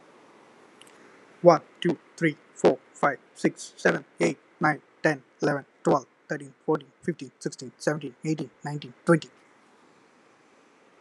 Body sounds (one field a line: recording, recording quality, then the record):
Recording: counting at a fast pace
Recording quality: excellent, no background noise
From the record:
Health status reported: healthy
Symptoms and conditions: diabetes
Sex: male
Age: 32 years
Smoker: not ticked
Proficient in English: yes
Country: India